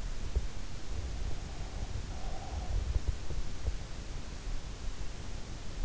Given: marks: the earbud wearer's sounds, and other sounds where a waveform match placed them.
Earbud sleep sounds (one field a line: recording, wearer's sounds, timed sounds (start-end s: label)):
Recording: sounds in sleep by an in-ear microphone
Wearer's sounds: breath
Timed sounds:
1.73-3.38 s: breath